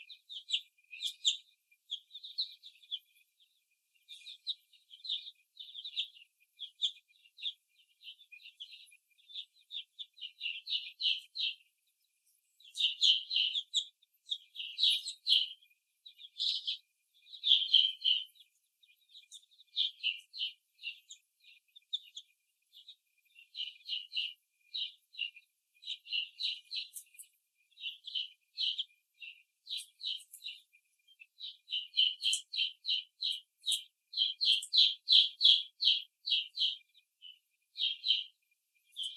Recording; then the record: young laying hens in a cage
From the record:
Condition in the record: before the stressor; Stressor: simulated dog barking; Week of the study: 1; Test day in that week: 2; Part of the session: 1